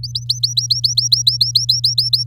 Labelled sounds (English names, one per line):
Domestic Canary song